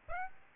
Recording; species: mosquito wingbeat signal from an infrared sensor; Aedes aegypti